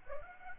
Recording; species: mosquito wingbeat signal from an infrared sensor; Aedes aegypti